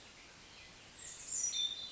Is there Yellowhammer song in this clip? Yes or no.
no